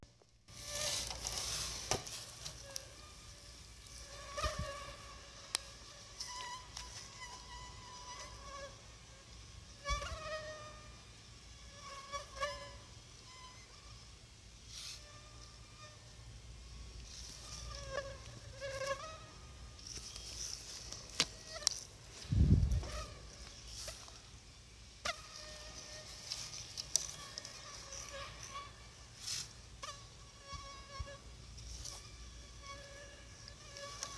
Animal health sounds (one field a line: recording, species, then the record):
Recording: mosquito flight sound by mobile phone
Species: Aedes aegypti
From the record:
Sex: female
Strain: 10130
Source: CDC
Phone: Sony Xperia